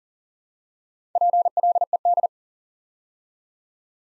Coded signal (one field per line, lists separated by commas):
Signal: Morse code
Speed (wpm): 39 wpm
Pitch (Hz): 700 Hz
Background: none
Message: PLED